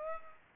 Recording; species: mosquito wingbeat signal from an infrared sensor; Aedes aegypti